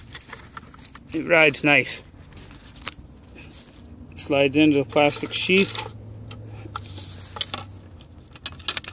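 A knife blade is pushed into its plastic sheath until it locks in place, while someone talks. Scraping and clicking sounds come from the sheath as the blade slides in, and a sharp click at 8.5 s marks the knife seating in the sheath.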